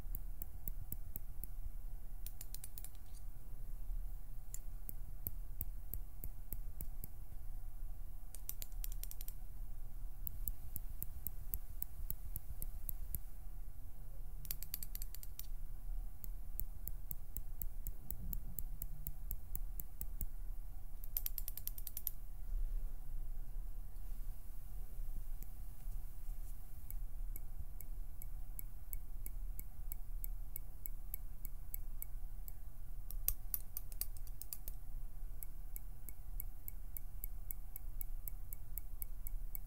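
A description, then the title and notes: Soft plucking and pinching sounds, with quick bursts of finger fluttering that crackle brightly every few seconds, around 3, 9, 15, 21 and 34 seconds. Between them come faint ticks and light tapping over a steady low hum, and the level stays even throughout. PLUCKING, PINCHING, FINGER FLUTTERING, PERSONAL ATTENTION - NO TALKING.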